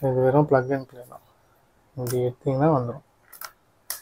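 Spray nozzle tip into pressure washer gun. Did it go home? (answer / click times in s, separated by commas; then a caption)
yes / 3.9 s. Someone talks while fitting the chosen spray nozzle tip onto the end of a cordless pressure washer gun and pushing it home. After a pause and a couple of faint ticks, a sharp click at 3.9 s marks the nozzle locking into place. The gun is ready.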